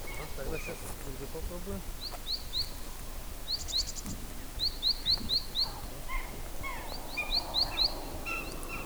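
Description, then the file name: Great tit song, short runs of a few quick rising notes, mixed with other softer bird calls and low background noise. "Parus major"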